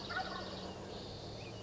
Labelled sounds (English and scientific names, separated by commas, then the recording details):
Wild Turkey (Meleagris gallopavo)
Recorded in Sonoma County, California